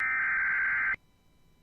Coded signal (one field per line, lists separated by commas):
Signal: Emergency Alert System (SAME) tones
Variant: header bursts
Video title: Tornado Warning for parts of South Carolina (EAS #85)